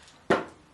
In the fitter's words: and slide it together, and it clicks into place nicely.